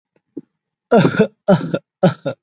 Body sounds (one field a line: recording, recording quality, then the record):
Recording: heavy voluntary cough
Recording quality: excellent, no background noise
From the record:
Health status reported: recovered from COVID-19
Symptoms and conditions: none ticked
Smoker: not ticked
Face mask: not worn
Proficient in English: no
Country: India